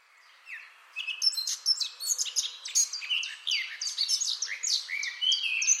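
Eurasian blackcap singing a rich, hurried warble of sweet whistles and sharp twitters that starts after a brief quiet moment and runs on steadily.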